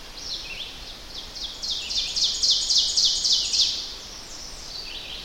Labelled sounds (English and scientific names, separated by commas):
Ovenbird (Seiurus aurocapilla) song